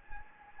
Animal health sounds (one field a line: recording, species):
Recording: mosquito wingbeat signal from an infrared sensor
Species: Anopheles gambiae